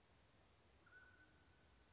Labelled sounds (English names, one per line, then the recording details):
Mountain Quail
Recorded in Sonoma County, California